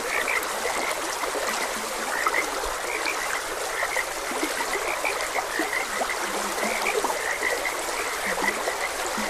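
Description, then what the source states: Frogs croaking in a dense chorus, short notes overlapping constantly with a few deeper croaks below, over steady rushing stream water. Several frogs croaking beside a gentle stream.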